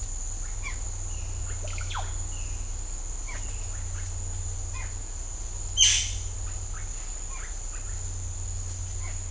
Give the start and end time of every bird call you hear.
0.58s-0.78s: bird call (0.7-5.7 kHz)
1.49s-2.00s: bird call (0.4-4.9 kHz)
3.21s-3.41s: bird call (0.4-2.9 kHz)
3.94s-4.09s: bird call (0.8-2.5 kHz)
4.69s-4.87s: bird call (0.4-2.8 kHz)
5.74s-5.91s: bird call (1.5-3.7 kHz)
6.44s-6.88s: bird call (1.0-2.7 kHz)
7.30s-7.47s: bird call (0.8-2.9 kHz)
9.00s-9.15s: bird call (0.8-2.9 kHz)

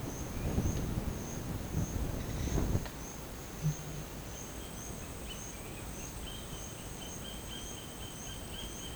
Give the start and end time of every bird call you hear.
5.20s-8.95s: bird call (2.3-3.4 kHz)

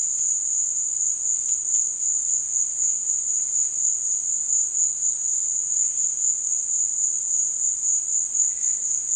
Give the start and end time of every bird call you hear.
8.43s-8.81s: bird call (1.3-5.4 kHz)

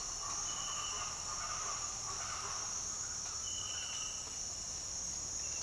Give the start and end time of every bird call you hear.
0.12s-4.30s: bird call (0.5-2.0 kHz)

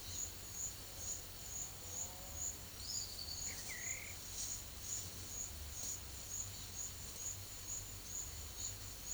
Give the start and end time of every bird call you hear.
2.77s-4.18s: bird call (1.4-5.4 kHz)

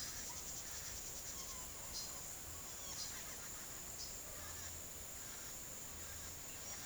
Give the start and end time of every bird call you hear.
1.33s-4.75s: bird call (0.2-9.7 kHz)

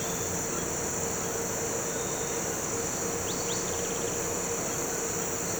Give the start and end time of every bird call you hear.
3.23s-3.61s: bird call (2.3-4.9 kHz)

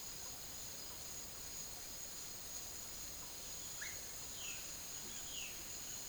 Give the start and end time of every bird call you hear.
3.74s-5.54s: bird call (1.2-4.1 kHz)

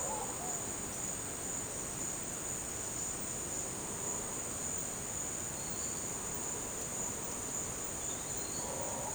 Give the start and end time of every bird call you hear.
0.00s-0.53s: bird call (0.3-1.8 kHz)
5.52s-5.97s: bird call (3.6-5.3 kHz)
7.97s-8.65s: bird call (3.1-4.8 kHz)

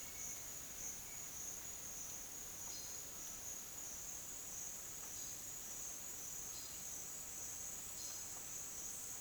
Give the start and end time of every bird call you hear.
0.00s-1.28s: bird call (1.8-2.6 kHz)

